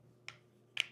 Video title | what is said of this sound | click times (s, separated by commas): Tour & Demo of the SHASHIBO Shape Shifting Box | they stick together kind of has a nice therapeutic little clicking sound as they go together | 0.3 s, 0.8 s